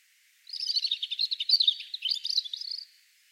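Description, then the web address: European robin song: one phrase of about two seconds, a rapid jumble of high, thin, varied warbling notes rising and falling, with no other sounds. "Deverinetal 2025 File origin Bird Only Er Ru"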